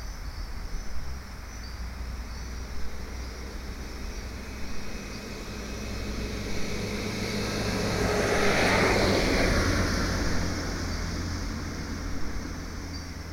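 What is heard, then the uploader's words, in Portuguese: On a forest road, a vehicle approaches, passes around the nine-second mark, then recedes. A constant high, thin chorus of insects runs throughout, over a low, steady rumble from traffic. Floresta da Tijuca - Estrada Y.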